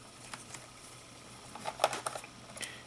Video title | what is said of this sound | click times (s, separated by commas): Fixit - Replacing memory modules on laptop computer | and open it there's often little Clips so you'll hear a little clicking | 1.8 s, 2.1 s